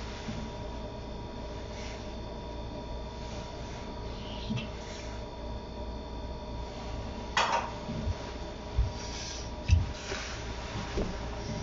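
Kitchen sounds while a bed of sake lees is prepared for pickling. A steady low appliance hum runs throughout, with occasional soft handling noises early on, then a few sharper knocks and clatters near the end, around seven to eleven seconds.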